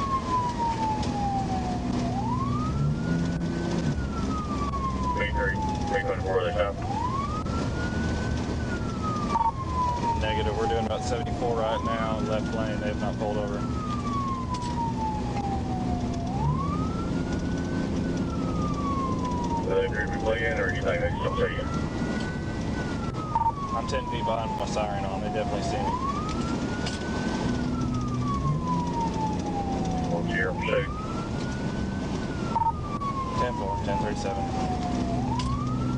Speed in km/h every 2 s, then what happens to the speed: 121, 121, 122, 121, 121, 119, 119, 121, 124, 129, 127, 122, 121, 121, 124, 122, 122, 124.
0-36 steady at about 121.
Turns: none.